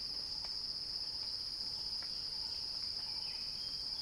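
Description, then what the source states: Cicada song, a sustained shrill buzz at an even pitch, with a few brief faint ticks and a small chirp in the background. Recording titled as a cicada crescendo.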